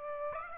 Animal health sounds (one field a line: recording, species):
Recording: mosquito wingbeat signal from an infrared sensor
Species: Aedes aegypti